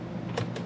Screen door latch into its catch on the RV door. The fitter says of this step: latches no problem open it push that on the door here